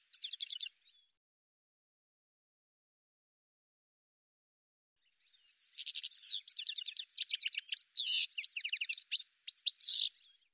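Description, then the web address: Bird sings a short high trill, then is silent for about five seconds before a long, rich sequence of buzzy trills and chirps. "cianscape birddata"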